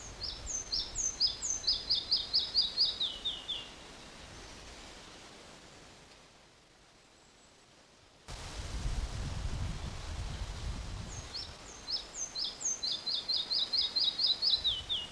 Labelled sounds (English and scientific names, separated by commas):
Red-breasted Flycatcher (Ficedula parva)